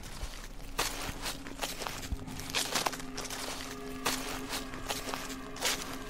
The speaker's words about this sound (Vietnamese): Ông mơ thấy mình đang nằm ở trên giường, chợt ở ngoài hiên vang lên tiếng bước chân. Tiếng bước chân loạt soạt dẫm qua cái đám lá thuốc mà ông phơi ở ngay đầu hè.